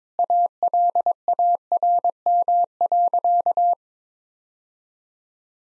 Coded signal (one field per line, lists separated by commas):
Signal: Morse code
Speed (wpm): 22 wpm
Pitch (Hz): 700 Hz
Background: none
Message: ALARM.